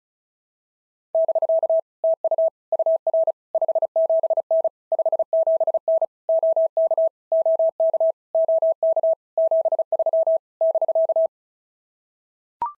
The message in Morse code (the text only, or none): <BK> TU UR 57N 57N OK OK OK 73 <BK>